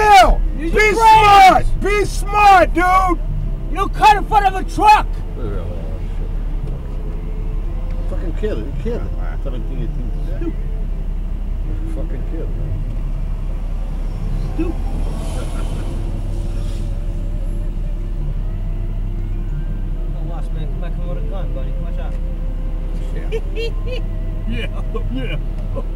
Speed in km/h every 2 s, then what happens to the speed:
0, 0, 0, 0, 0, 0, 0, 0, 0, 0, 0, 0, 0.
0-26 standing.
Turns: none.